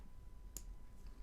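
A folding metal clasp on a steel watch bracelet is opened. A single sharp click is heard at 0.6 s, a nice solid click, and the clasp releases open.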